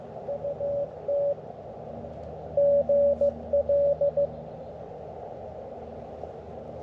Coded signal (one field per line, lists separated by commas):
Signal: Morse code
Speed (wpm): 15 wpm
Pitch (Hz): 570 Hz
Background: radio noise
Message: UT GL